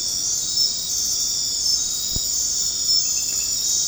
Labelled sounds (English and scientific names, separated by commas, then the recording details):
none
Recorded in dense forest near Puerto Asís, Putumayo, Colombia, on 4 March 2025 at 20:30
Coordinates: 0.500, -76.322
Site GP06